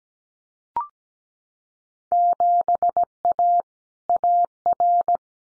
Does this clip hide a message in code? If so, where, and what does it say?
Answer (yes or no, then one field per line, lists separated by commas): yes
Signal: Morse code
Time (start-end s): 2.1-5.2 s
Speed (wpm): 17 wpm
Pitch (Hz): 700 Hz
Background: none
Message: 7A AR